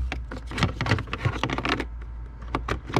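A plastic cabin air filter cover on a Honda CR-V is handled and pressed back toward its filter housing behind the glove box. There are short, sharp plastic taps and rattles throughout, with the loudest knocks around 0.6, 0.9, 1.4 and 1.7 seconds. Nothing has seated or clicked into place yet.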